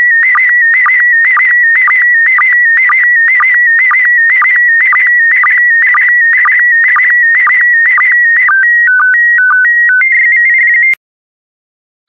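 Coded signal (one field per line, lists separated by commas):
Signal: SSTV (slow-scan television)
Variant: PD120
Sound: warbling electronic tone with rapid regular blips, then a few stepped tones before stopping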